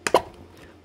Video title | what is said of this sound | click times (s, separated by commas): 12 April 2024 | and it just Clips back into place and you can hear it | 0.1 s